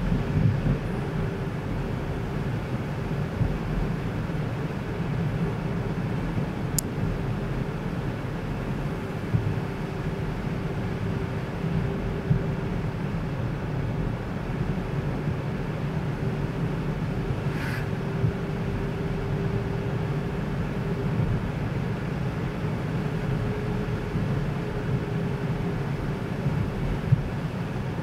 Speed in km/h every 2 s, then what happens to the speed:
47, 47, 48, 48, 47, 47, 45, 46, 47, 48, 48, 51, 49, 44.
0-23 steady at about 47. 23-28 slows to 44.